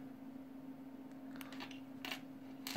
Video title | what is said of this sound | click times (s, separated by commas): Change The Look Of Your Watch with New Quick Release Watch Band: Cheap and Easy | super easy, it snapped back in. | 2.7 s